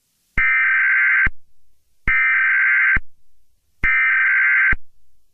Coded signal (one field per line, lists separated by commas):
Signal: Emergency Alert System (SAME) tones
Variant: header bursts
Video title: EAS Scenario #2: What Lurks In The Dark